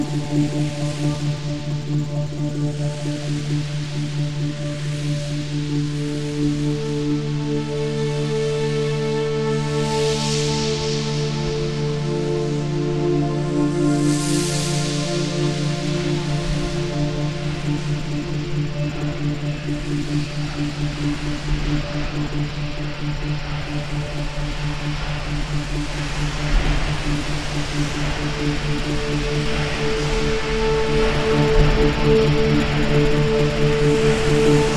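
A spaceship leaves a planet and meets an orbiting GSV: a dense, steady drone of layered low hums and sustained ringing tones, like a resonant bowl. Airy hiss swells briefly near ten and fourteen seconds, and the drone grows slightly louder toward the end.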